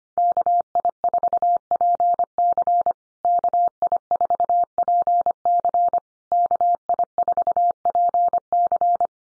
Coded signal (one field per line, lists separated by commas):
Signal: Morse code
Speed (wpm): 25 wpm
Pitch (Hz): 700 Hz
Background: none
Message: KI4PC KI4PC KI4PC